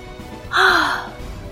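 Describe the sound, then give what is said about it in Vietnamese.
A single long, breathy yawn with a voiced tone that slowly slides downward in pitch, heard alone against a faint, quiet background. “Triển Chiêu nhịn không được mà ngáp dài một cái, nâng cằm.”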